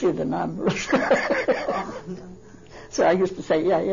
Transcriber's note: she laughs